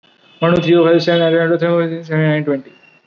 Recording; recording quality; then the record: counting at a fast pace; excellent, no background noise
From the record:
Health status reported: recovered from COVID-19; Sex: male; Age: 24 years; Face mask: not worn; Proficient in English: yes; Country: India